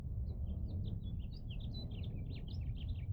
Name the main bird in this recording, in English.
House Finch